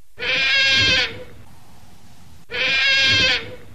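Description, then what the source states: River otter calls: two harsh, wavering cries, each about a second long and rich in overtones, separated by a gap of about one and a half seconds. Presented as restored wildlife that can be identified by its sounds.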